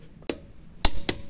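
A Parkside (Lidl) click-type torque wrench set to 120 Nm tightens a car wheel bolt, with a faint tick at 0.2 s and a sharp tap at 0.3 s before the wrench gives a loud sharp click at 0.9 s. Another sharp hit follows at 1.1 s. The click at 0.9 s signals the 120 Nm tightening force has been reached.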